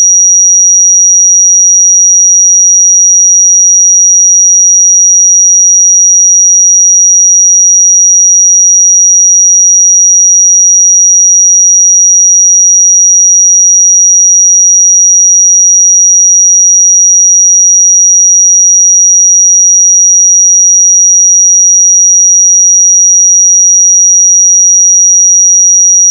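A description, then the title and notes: A pure sine tone at 5757 Hz holds perfectly steady and bright for the whole clip, unchanging in pitch and loudness, with silence behind it. 5757 Hz 1 Hz Interval Sine Pure Tone Frequency 441000 Sample Mono.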